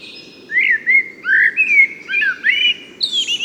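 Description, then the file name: Eurasian blackbird pouring out a short run of rich fluted notes, then a thin high twitter at the end, over a soft low hum. "Turdus merula"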